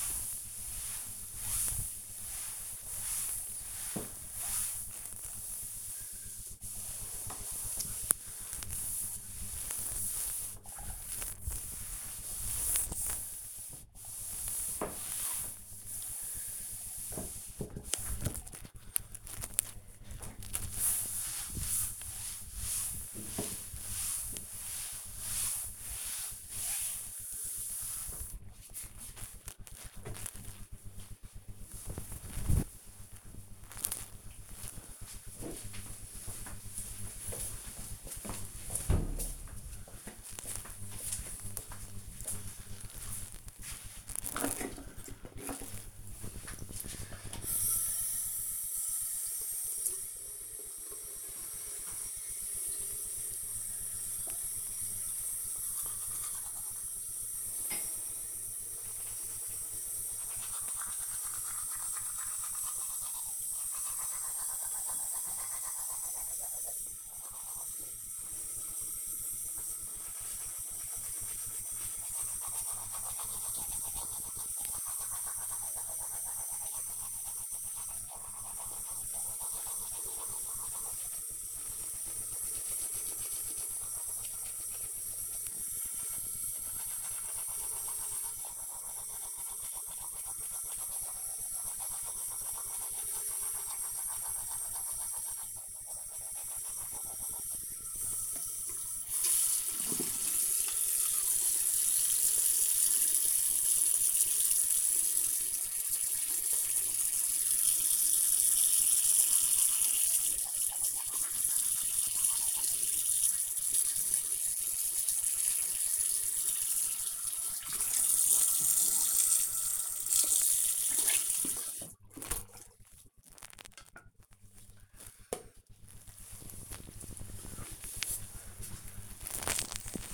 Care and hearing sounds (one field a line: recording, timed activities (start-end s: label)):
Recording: household activities, microphone on the right wrist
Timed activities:
0.00-28.91 s: cleaning table
46.03-122.61 s: brushing teeth